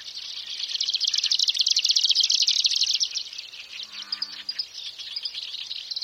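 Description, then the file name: Marsh grassbird singing a rapid, insect-like buzzing trill that holds steady for a few seconds, then breaks into looser, patchier pulses. "oosekka"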